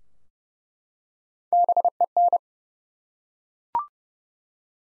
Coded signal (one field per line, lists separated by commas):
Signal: Morse code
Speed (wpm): 30 wpm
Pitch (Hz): 700 Hz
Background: none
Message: BEN